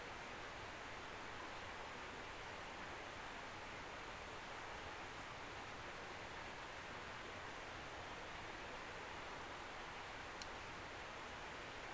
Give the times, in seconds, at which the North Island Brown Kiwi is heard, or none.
none